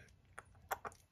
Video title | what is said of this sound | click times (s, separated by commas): Building a 1/24 Scale Formula One RB15 PART 1 | slide it in it'll click into place | 0.4 s, 0.7 s